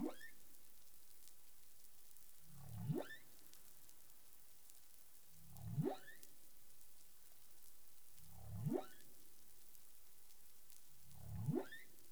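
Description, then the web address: Humpback whale upsweep calls, each starting as a deep grunt and climbing fast to a squeak, four in a row at near-regular three-second intervals, with hiss behind. Recorded in the Caribbean on 20 April 2021 at 03:44 UTC. "CARIMAM clean data humpback whale"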